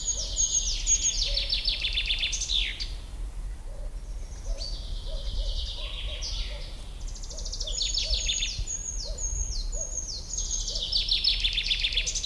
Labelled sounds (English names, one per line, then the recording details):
Eurasian Treecreeper song
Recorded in the wild
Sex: male
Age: adult
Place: Liepnitzsee, Brandenburg, DE
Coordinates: 52.75, 13.51
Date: 1995-05-06 19:44
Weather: heiter, 20°C, böiger Wind
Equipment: Marantz CP 430, Sennheiser ME 80, Kopie Uher 4000 Report Monitor
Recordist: Tembrock, Günter